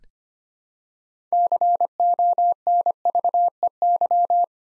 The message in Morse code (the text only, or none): CONVEY